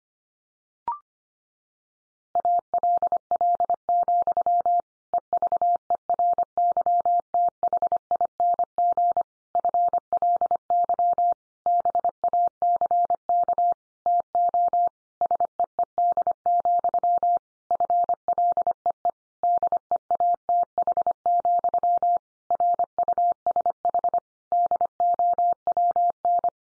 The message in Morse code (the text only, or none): ALL, EVERYTHING FLY BACK TO SEED, FLEE DEATH, RUSH DOWN